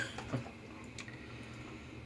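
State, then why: Seated. A fresh blade cartridge is slid into the holder of a ONE BLADE Hybrid razor, giving two short, soft clicks at 1.0 s and 1.1 s over a low steady hum. The blade seats, though the click is not quite the same as the original's.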